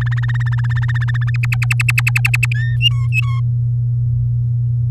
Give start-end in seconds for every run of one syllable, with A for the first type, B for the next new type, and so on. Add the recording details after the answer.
0.01-1.30 A, 1.34-2.46 B, 2.54-2.76 C, 2.81-3.40 D. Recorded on 7 May 2018 at 16:05. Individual llb16